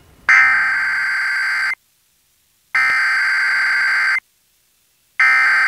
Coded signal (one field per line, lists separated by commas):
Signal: Emergency Alert System (SAME) tones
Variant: header bursts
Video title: EAS #639: EAS Required Monthly Test- June 7, 2022- 8:19AM PDT